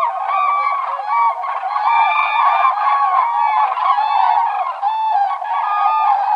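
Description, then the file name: Common crane chorus of loud rolling trumpet calls, many birds calling over one another without a break. Finland, spring migration; breeding pairs arriving among the first migrants. "kurki hannes tiira"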